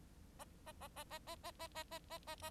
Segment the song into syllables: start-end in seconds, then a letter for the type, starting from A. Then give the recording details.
0.39-0.45 A, 0.66-0.72 A, 0.81-0.88 A, 0.96-1.04 A, 1.10-1.19 A, 1.27-1.35 A, 1.43-1.51 A, 1.59-1.68 A, 1.75-1.84 A, 1.91-1.99 A, 2.10-2.18 A, 2.27-2.35 A, 2.42-2.50 A. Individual Bird4